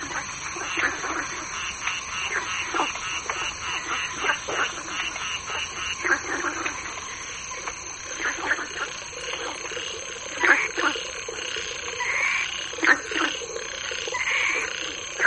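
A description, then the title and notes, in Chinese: A chorus of frogs at night, with many voices calling at once in dense, overlapping croaks and chirps. Short bright calls repeat rapidly throughout, a few louder ones stand out around ten and thirteen seconds, over a steady high insect-like hiss. 入夜群蛙交响曲。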